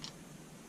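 After the line is wound back, the end hook of a Tajima CR301JF chalk line is pushed into the small clip on the plastic chalk box body to lock it. A single short tick is heard at 0.0 s, and the hook seats in the clip so it won't pop out or come loose.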